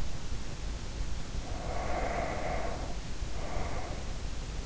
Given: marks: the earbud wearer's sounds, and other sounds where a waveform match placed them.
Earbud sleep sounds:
sounds in sleep by an in-ear microphone; breath
1.00-4.62 s: breath

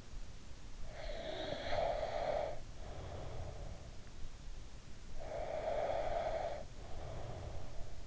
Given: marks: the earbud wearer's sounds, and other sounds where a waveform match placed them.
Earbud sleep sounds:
sounds in sleep by an in-ear microphone; snoring breath, breath
0.78-4.01 s: snoring breath
5.10-8.07 s: breath

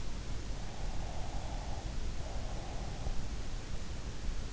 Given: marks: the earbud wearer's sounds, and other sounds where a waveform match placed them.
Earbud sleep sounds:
sounds in sleep by an in-ear microphone; breath
0.87-3.26 s: breath

